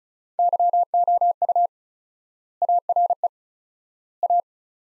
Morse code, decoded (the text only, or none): YOU ARE A